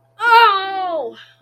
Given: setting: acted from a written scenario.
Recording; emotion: vocal sound without words; pain